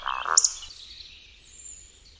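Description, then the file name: Eurasian woodcock grunts twice and then gives a single sharp high squeak, followed by faint song from other birds. "SŁONKA"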